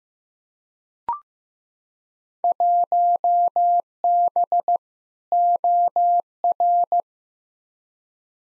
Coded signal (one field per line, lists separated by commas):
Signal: Morse code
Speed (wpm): 15 wpm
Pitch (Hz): 700 Hz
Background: none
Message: 1B OR